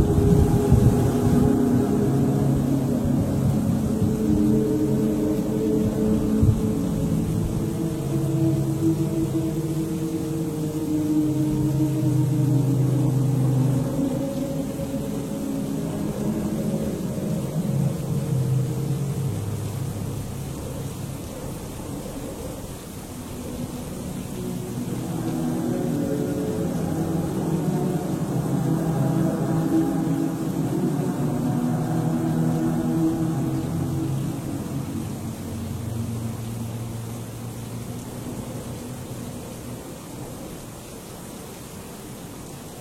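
A stormy ambience in a monastery: a deep, continuous rumble of wind and storm that swells and ebbs, easing around twenty seconds, building again near twenty-five to thirty-five, then settling lower toward the end. A faint hiss sits above, with one brief knock early on.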